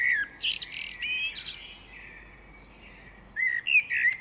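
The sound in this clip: Great tit with a few buzzy rasps and slurred whistles, a quieter stretch, then several clear chirps at the end.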